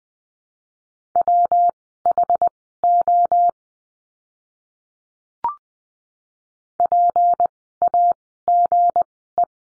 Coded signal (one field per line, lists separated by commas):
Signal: Morse code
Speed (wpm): 20 wpm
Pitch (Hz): 700 Hz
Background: none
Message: WHO PAGE